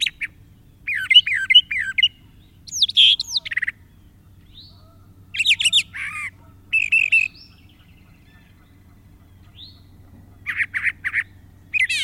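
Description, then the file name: Brown thrasher delivering distinct phrases of high slurred whistles and rough chattering notes, some doubled, separated by pauses, over a faint low hum. "suara-kicauan-brown-trasher omkicau"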